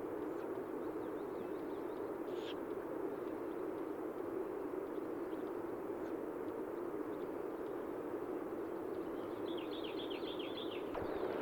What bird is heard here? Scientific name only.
Strix uralensis